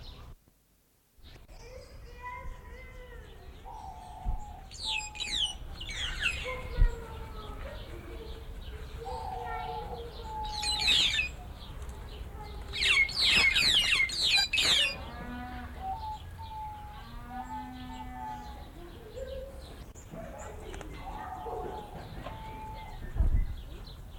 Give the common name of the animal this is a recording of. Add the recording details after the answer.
White-headed Buffalo-Weaver. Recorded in captivity. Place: Zoo Berlin, Berlin, DE. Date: 1992-08-01 10:50. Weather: sonnig, 22-26°C. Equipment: Marantz CP 430, Sennheiser ME 80, Kopie Tesla B 116. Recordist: Tembrock, Günter